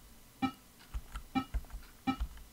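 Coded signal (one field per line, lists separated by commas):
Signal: none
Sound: computer game beeps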